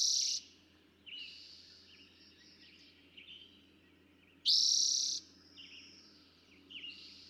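Eastern towhee singing twice, each phrase a strong buzzy trill lasting under a second, with fainter chirps between and a low hum beneath.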